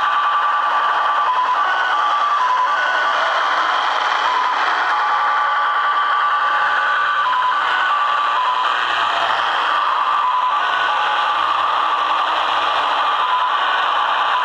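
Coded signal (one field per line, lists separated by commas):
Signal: HF data modem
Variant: Slot Machine (XSL)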